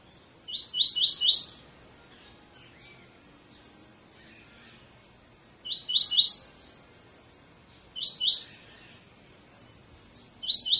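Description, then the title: Double-collared seedeater song: short phrases of three or four quick rising whistles, repeated at irregular intervals of a few seconds over a quiet background. Tutor song used to train birds; 'tui tui fibra' song style. "COLEIRO TUI TUI FIBRA CANTO PROFESSOR"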